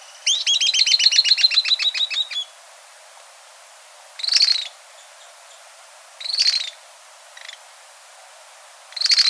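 Bird starting with a rapid rattling series of stacked notes lasting about two seconds, followed by separate harsh raspy calls spaced a couple of seconds apart.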